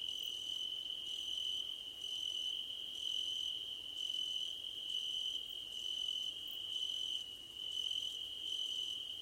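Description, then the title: Cricket song: a continuous shrill trill, with fainter higher chirps repeating about once a second above it. Crickets at night under a starlit sky. "Nighttime Ambience with Crickets 🌃"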